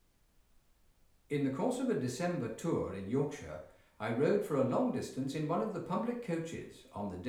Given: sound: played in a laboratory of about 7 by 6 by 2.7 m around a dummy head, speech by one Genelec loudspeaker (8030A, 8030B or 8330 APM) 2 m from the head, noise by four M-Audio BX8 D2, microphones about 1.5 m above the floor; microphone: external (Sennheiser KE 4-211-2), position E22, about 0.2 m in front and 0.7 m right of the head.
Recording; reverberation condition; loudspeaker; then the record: male speech in English; medium; 30 degrees to the left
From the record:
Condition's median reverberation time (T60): about 510 ms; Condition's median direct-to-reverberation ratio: about -0.5 dB